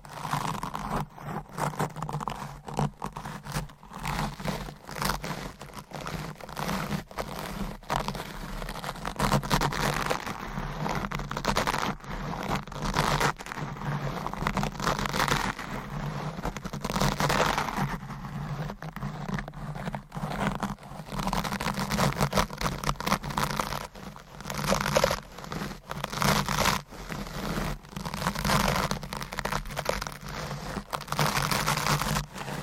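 Microphone scratching, brushing and stroking fill the clip, a dense run of rough, crinkling strokes that never pause. A deep low rumble sits underneath throughout, while brighter scraping bursts flare up irregularly, especially around ten, fifteen and twenty-five seconds.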